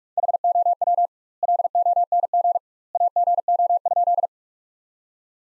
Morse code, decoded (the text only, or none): HOW LONG AGO?